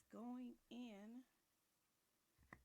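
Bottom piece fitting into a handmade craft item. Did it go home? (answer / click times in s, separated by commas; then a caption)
partly / 2.5 s. Someone talks while pressing the bottom piece into place on a handmade craft item. A small, sharp click sounds at 2.5 seconds as the piece goes in, but it is not locked into place yet.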